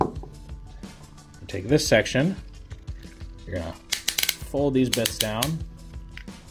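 Small plastic fold-down panels on a Legacy Motormaster transforming robot toy are handled and folded down while someone talks, with light plastic taps and knocks throughout. Nothing has seated or clicked into place yet.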